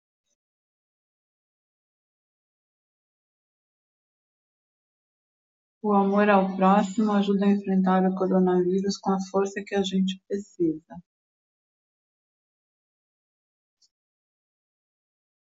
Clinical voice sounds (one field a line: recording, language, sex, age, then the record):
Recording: spoken sentence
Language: Brazilian Portuguese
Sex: female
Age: 60 to 69 years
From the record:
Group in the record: control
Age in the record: 63 years